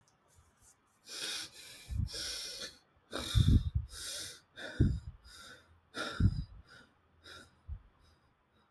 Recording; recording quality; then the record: shallow breathing; excellent, no background noise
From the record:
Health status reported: healthy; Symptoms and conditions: none ticked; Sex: male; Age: 32 years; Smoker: not ticked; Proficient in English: yes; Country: India